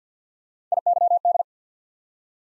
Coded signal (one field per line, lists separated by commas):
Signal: Morse code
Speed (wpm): 50 wpm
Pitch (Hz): 700 Hz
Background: none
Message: IYD